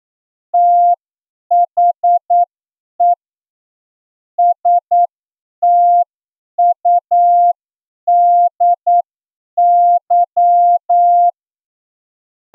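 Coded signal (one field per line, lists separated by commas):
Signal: Morse code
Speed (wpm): 9 wpm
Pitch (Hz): 700 Hz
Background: none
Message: THE STUDY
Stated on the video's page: Morse receiving test practice at 8 words per minute, plain language passage of 200 characters including letters, figures and punctuation.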